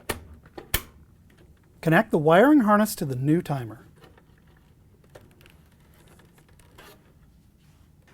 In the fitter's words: slide it to the left until it clicks into place